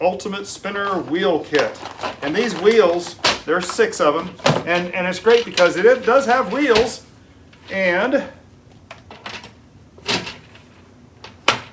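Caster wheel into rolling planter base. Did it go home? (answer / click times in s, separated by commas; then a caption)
yes / 11.5 s. Someone talks about a GREENSTALK Ultimate Spinner wheel kit with six wheels, then pushes a plastic caster wheel stem into its socket on the rolling planter's spinner base. A few small clicks and knocks follow the talk, then a loud, sharp snap at 11.5 s as the caster wheel pops into place and seats.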